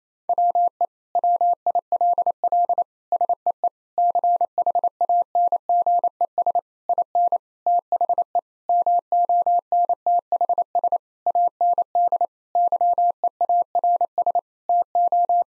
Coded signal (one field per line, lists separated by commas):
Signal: Morse code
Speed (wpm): 28 wpm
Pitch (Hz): 700 Hz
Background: none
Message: WE WILL SEE CHANGES IN THE MONTHS AND YEARS TO